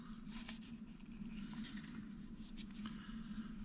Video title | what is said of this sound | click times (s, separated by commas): How to replace a 2010 Dodge Journey 3 Button Fobik Key Battery | and you notice you're going to hear it snapping as you go around | 0.5 s, 2.7 s, 2.9 s